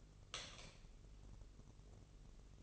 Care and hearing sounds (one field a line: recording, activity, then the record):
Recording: daily activity, microphone in the room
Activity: light off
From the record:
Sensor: 4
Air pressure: 996.1 hPa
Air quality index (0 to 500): 68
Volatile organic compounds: 2 ppm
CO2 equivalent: 1243 ppm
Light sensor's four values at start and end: 18/45/17/18 and 15/33/13/13